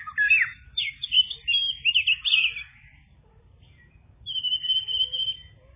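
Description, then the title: Bird song: a burst of buzzy, scratchy warbled notes and whistles for about three seconds, a pause, then a long high whistled phrase near the end. "kikicau"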